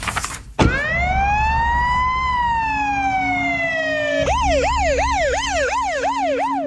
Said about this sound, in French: La voiture de police repart, toute sirène hurlante, sous le regard ahuri des passants.